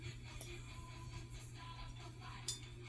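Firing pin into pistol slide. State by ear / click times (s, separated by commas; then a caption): seated / 2.5 s. A firing pin is pushed into the slide of a Smith and Wesson M&P 5.7 pistol while the plunger is held down, over a steady low hum. A faint tick comes at 0.4 seconds, then a small, sharp click at 2.5 seconds as the plunger snaps the rest of the way. The firing pin is seated, sitting just shy of flush.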